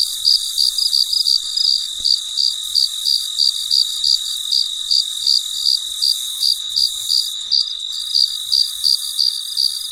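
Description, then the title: Cricket chirps, high-pitched and evenly spaced about three a second, with an unbroken insect hum underneath. Recorded late at night, in quiet surroundings. "深夜录制蟋蟀昆虫声"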